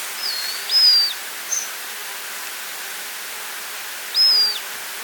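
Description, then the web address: Great black hawk whistled call: a thin, high whistle ending in a quick drop, given twice with a short faint note between, over steady background hiss. "cantos taguatonegro"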